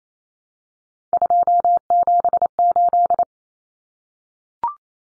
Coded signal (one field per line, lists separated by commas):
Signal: Morse code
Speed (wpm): 28 wpm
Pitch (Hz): 700 Hz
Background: none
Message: 278